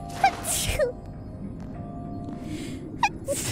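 A brief high-pitched vocal catch is followed by a sharp, hissy burst of air, with a small squeak after it, then another short squeaky sound near the end. This is a single quick sneeze from an adult woman over faint background hum.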